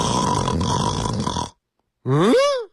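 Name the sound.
imitated snoring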